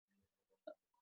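A dog sleeping on someone's lap snoring, a strange-sounding snore.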